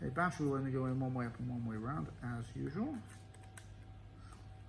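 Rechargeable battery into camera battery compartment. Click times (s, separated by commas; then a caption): 3.6 s. Someone talks while a rechargeable battery, which only fits one way round, is pushed into the battery compartment of a Leica Q2 camera body. After the talking stops, a faint tick comes at 3.3 s and a sharp click at 3.6 s as the battery seats in place.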